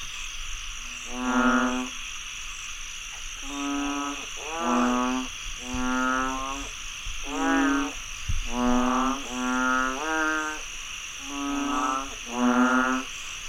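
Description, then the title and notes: Frogs croaking in single and paired harmonic calls with slight pitch bends, separated by brief gaps, over a steady high hum. Frogs croaking after heavy rainfall in Chiang Mai, Thailand. "Frogs croaking after heavy rainfall in Chiang Mai, Thailand. Alex Boyesen"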